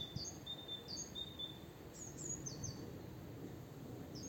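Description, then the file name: Great tit calls: several high, thin notes, some sharply falling, some flat, given in quick succession, with low background rumble. "Parus major"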